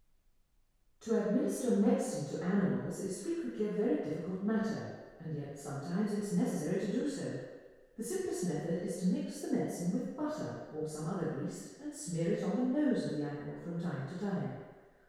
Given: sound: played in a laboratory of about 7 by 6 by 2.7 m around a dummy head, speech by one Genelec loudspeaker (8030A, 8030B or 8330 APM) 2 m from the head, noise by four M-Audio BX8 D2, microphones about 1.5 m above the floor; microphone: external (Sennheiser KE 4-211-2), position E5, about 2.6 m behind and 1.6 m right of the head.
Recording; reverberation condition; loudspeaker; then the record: female speech in English; high; 120 degrees to the right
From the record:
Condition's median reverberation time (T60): about 1300 ms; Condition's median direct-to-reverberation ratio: about -4.0 dB